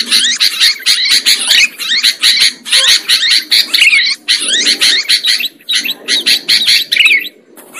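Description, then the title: Lovebird chatter of sharp, high chirps and twitters tumbling quickly. Lovebird sound used as a lure for trapping birds. "PIKAT BURUNG LOVEBIRD"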